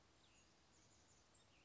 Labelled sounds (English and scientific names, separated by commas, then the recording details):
Cassin's Vireo (Vireo cassinii)
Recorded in Sonoma County, California